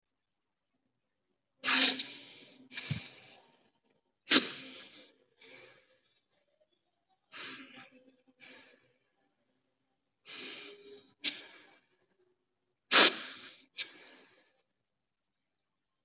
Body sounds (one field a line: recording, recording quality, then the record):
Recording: deep breathing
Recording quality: excellent, no background noise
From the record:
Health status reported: healthy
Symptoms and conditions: none ticked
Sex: female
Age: 27 years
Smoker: not ticked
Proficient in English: yes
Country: India